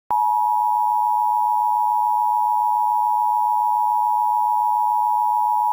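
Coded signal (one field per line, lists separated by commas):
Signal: Emergency Alert System (SAME) tones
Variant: 853 and 960 Hz attention tone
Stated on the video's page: Fictional EAS scenario.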